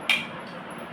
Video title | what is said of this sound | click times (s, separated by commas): எங்க வீட்டில் புதிதாக மிக்ஸ்சி வாங்கிருகோம் வாங்க பாக்கலாம் | அதை வச்சு நம்ம வந்து லாக் பண்ணிக்கலாம் | 0.1 s